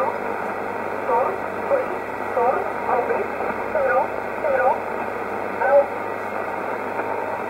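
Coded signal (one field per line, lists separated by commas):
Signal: numbers station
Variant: E11 Oblique, English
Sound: a faint voice reads short words at fairly even intervals through steady shortwave hiss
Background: radio static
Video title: 04 10 2019 E11 Oblique Numbers station in English 0821 on 5941 unknown tx site in USB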